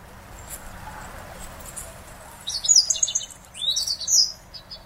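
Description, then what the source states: Japanese wagtail uttering two quick chattering bursts of thin, high, buzzy notes after a quiet start, with low background hum. Recorded at Kitaura, Ibaraki Prefecture, Japan.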